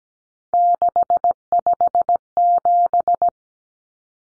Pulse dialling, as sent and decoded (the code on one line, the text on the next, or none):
none